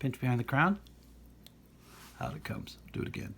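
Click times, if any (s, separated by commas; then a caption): none. Someone talks while pinching behind the crown of an antique 1900s pocket watch to engage the setting mechanism for setting the hands, then starts to do it a second time. Short, quiet handling sounds are heard between the speech. The mechanism has not yet clicked into the hand-setting position.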